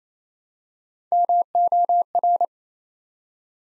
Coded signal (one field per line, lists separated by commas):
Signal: Morse code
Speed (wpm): 27 wpm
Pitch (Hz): 700 Hz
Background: none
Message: MOR